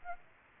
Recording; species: mosquito wingbeat signal from an infrared sensor; Aedes aegypti